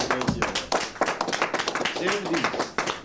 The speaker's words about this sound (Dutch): Dames en heren, een geweldig applaus.